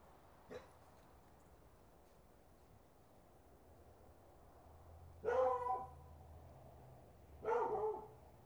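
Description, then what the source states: Dog barks twice, harsh, clipped calls a couple of seconds apart after a long quiet stretch. More than one dog in the recording.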